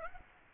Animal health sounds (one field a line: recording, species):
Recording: mosquito wingbeat signal from an infrared sensor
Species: Aedes aegypti